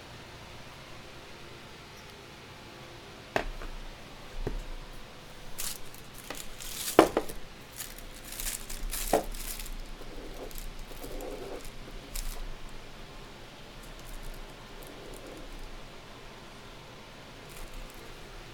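Candle dressing with shuffling and cutting: sharp clicks and snips start near 3.5 seconds, with a cluster of louder scrapes and taps around 6 to 9 seconds. Softer rustling and brushing continue unevenly afterward, over a low, steady hiss.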